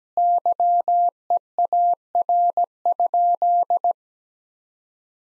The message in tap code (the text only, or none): none